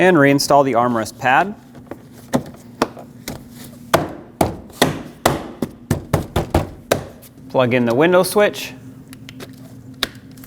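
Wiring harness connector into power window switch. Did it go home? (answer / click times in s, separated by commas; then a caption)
yes / 10.0 s. A plastic wiring harness connector is plugged into the back of the power window switch on the front door of a 2005–2021 Nissan Frontier. Someone talks, then a run of sharp knocks and taps is heard. The connector seats with one sharp click at 10.0 s.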